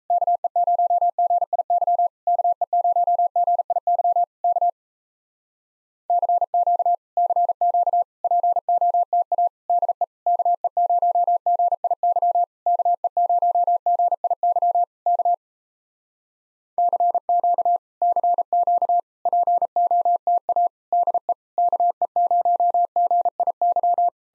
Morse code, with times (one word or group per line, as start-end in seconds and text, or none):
0.1-2.1 KE0GIY
2.3-4.2 KE0GIY
4.4-4.7 K
6.1-7.0 CQ
7.2-8.0 CQ
8.2-9.5 POTA
9.7-10.0 DE
10.3-12.4 KE0GIY
12.7-14.8 KE0GIY
15.1-15.3 K
16.8-17.8 CQ
18.0-19.0 CQ
19.3-20.7 POTA
20.9-21.3 DE
21.6-24.1 KE0GIY